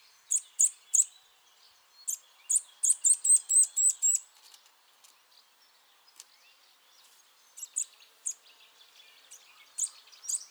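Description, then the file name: Eurasian nuthatch calls: sharp high notes given singly and in quick rapid runs, with pauses between bursts and faint twittering behind. "Sitta europaea"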